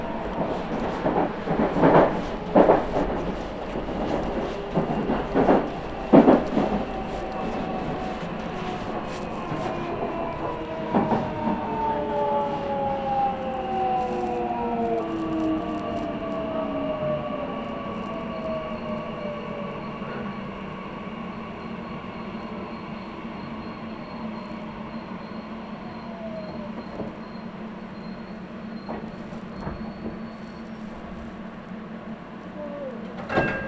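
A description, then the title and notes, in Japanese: A ride aboard a Meitetsu Inuyama–Hiromi line train: sharp rail-joint clacks punctuate the first ten seconds, then a motor whine slides downward in pitch as the train slows. A steady low rumble follows, with a thin high tone and occasional clicks later on. ガタンゴトンの旅。名古屋鉄道犬山・広見線 江南→布袋→新可児。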